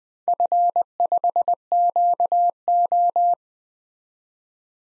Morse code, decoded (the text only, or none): F5QO